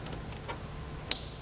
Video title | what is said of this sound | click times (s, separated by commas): Transform Your Mini F56 With Quick And Stylish Led Side Indicator Upgrades! | There we go. Nice, click, solid click. | 1.1 s